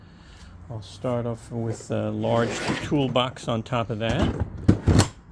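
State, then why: Seated. A large plastic ToughBuilt StackTech toolbox is set onto a wheeled modular stacking dolly while someone talks. A rubbing scrape is followed by latch clicks at 4.7 and 5.0 seconds as the stacking latches engage, and the toolbox locks in place on the dolly.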